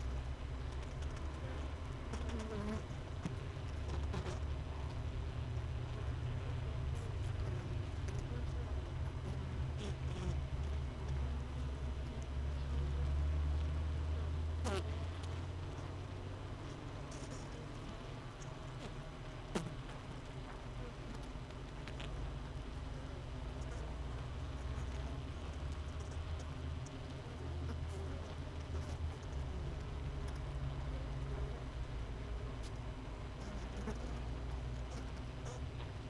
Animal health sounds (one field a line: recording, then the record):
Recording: honeybee colony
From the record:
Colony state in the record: missing queen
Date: 31 May 2018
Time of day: 16:42